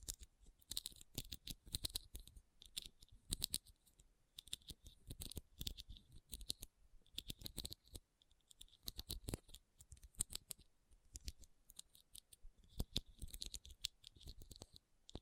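Rhinestones being tapped and scratched, making a dense run of sharp, bright clicks and ticks that come in quick irregular bursts. Short scraping passages with a hissy, glittery edge sit between the taps, and brief near-silent gaps break up the activity throughout.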